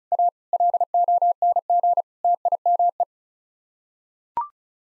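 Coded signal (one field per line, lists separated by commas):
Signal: Morse code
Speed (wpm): 34 wpm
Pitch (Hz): 700 Hz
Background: none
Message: A LONG TIME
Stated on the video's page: Morse practice sending sets of 8-word groups at 35 wpm for head-copy, each set sent, spoken, then sent again.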